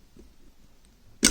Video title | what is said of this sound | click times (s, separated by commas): Disassembly of BMW E9x/E7x SZL/Clock Spring module and stalk removal | push and give it a little wiggle. It'll snap right into place. Perfect. | 1.3 s